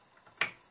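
A SATA cable connector is pushed onto a drive's port. After faint handling noises, a sharp click at 0.4 s shows the connector seating in the drive port. There is no talk in the clip.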